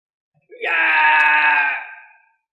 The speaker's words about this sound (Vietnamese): Gã kêu thảm thiết, làm cho một vị cao thủ hoàng đạo hét thảm như vậy, có thể nghĩ mà biết gã phải chịu đựng thống khổ tới mức nào.